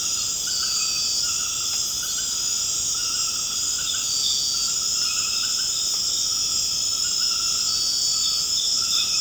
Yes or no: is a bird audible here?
no